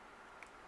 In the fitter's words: just again a very quick quarter turn and that locks it down